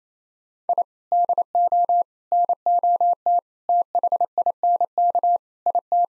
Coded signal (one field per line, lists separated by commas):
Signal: Morse code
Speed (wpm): 28 wpm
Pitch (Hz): 700 Hz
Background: none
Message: I DO NOT THINK IT